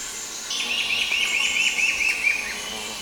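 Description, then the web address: Brown-billed scythebill calling a rapid series of slightly wavering high notes lasting about two seconds over steady insect hum. Ecuador. "Birds of Ecuador Brown-Billed Scythebill"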